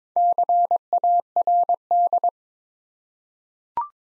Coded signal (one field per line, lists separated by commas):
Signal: Morse code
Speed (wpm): 22 wpm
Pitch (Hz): 700 Hz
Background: none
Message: CARD